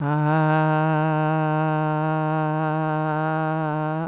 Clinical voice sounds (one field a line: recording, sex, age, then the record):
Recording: sustained vowel /a/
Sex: female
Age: 50 to 59 years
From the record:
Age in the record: 57 years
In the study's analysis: included